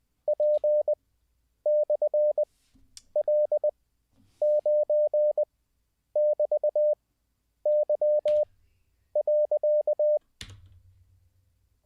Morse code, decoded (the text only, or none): P/L9<BT>Y.